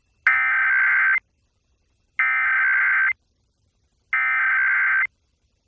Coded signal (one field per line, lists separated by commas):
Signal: Emergency Alert System (SAME) tones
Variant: header bursts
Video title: EAS #11 - National Periodic Test - Oct 3, 2018 - 2:18PM EDT (WWJ-TV & WDVD-FM)